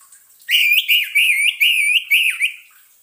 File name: suara pancingan burung anis merah agar tidak stress